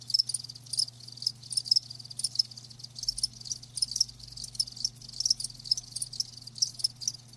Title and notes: Live Crickets Chirping. Enjoy the lulling song of crickets